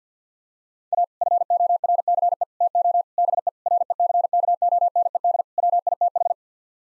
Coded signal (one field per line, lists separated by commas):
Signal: Morse code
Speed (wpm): 50 wpm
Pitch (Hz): 700 Hz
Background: none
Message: A FORCE TO BE RECKONED WITH